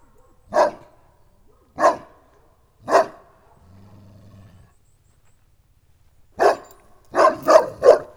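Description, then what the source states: St. Bernard barking: three evenly spaced barks, a brief low hum, then a faster run of four barks near the end. Farmyard dog in Nagykőrös.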